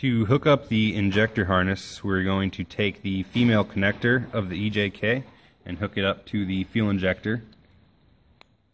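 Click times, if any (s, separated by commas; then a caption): 8.4 s. The female connector of an EJK add-on fuel controller harness is pushed onto the plastic connector of a Ural motorcycle's fuel injector while someone talks. After the talking, a sharp, short click sounds at 8.4 s as the connector seats, and the red locking tab is then pushed down to lock it in.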